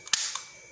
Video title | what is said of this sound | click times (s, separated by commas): UNBOXING & MOUNTING Rear View Mirror 360° Rotatable and Retractable Phone Holder.. | just a click and it fits | 0.1 s